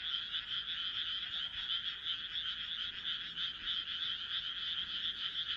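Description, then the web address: Many frogs calling together, their croaks blending into an almost unbroken buzzing drone. "kaeru kaeru"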